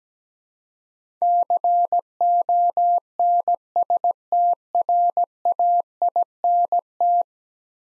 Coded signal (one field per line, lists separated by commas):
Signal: Morse code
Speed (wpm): 17 wpm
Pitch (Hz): 700 Hz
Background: none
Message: CONSTRAINT